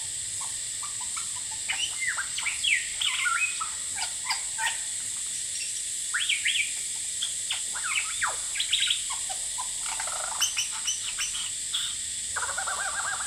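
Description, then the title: Lyrebird pouring out a fast medley of sharp whistles, chips and sweeping phrases against a thick hissing backdrop of cicadas. Male, Horsfield Bay, New South Wales, Australia, 23 January 2017, singing vigorously outside a window, with loud cicadas calling; noise reduction applied. "Lyrebird - Horsfield Bay NSW, Jan 23 2017"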